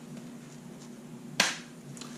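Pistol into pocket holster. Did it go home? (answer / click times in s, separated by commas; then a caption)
yes / 1.4 s. A pistol is pushed into an Alien Gear pocket holster until the holster's retention snaps it in place, giving one loud, sharp click at 1.4 seconds over a low steady hum. A much fainter tick follows around 2.0 seconds, and the gun is seated in the holster.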